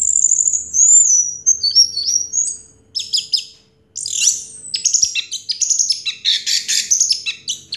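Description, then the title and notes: Orange-headed thrush song opens with high descending whistled slurs, then breaks into dense, scratchy chattering and twittered phrases. Anis merah song in the 'teler' style, with a clear voice. "Anis Merah Teler Suara Jernih. suara anis merah"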